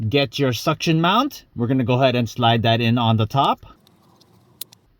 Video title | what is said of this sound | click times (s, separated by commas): How to install Terunsoul Dual 4K 3 Channel Dash Cam | Make sure it snaps into place. | 4.6 s